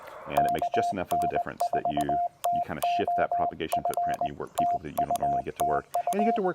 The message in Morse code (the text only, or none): KN4TOF TU TU